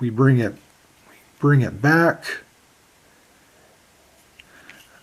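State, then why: Seated. Someone talks as the metal blade of an Irwin FK250 folding utility knife is swung back fully open into its lock in the handle. Two short, sharp clicks follow at 4.4 s and 4.7 s. The blade locks open.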